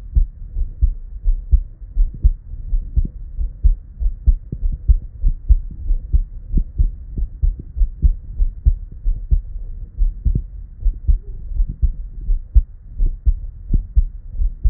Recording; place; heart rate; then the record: heart sounds by stethoscope; Erb's point; 87 bpm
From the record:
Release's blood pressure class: hypertension stage 1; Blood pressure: 131/61 mmHg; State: at rest